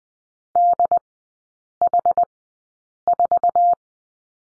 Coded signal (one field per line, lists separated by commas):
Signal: Morse code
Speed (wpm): 20 wpm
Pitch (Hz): 700 Hz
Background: none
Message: DH4